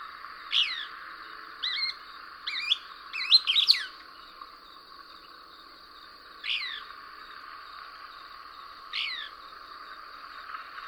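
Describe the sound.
Couch's Kingbird song: sharp, high, downslurred notes, scattered singly with one quick twittering cluster, over a steady high whine.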